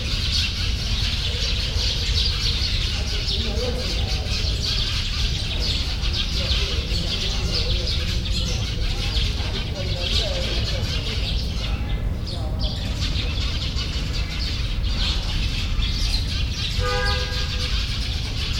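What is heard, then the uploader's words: An evening town scene with a steady, dense wash of traffic rumble and street noise throughout. Birds chirp and call faintly over it, with brief voices mixed in, and a clear tonal call stands out near the end. Birds. Evening. Town life.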